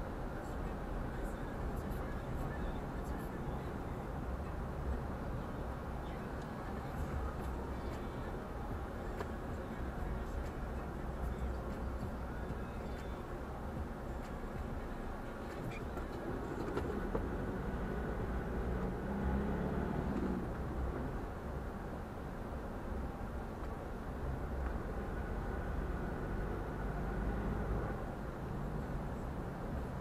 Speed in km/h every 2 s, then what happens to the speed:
46, 42, 38, 37, 35, 31, 27, 22, 18, 24, 28, 30, 33, 35, 36.
0-16 slows to 18. 16-30 speeds up to 36.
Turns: none.